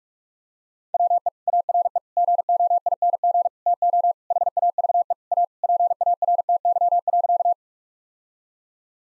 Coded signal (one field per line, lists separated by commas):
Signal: Morse code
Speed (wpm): 46 wpm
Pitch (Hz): 700 Hz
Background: none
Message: WE ARE GOING TO HAVE A PARTY.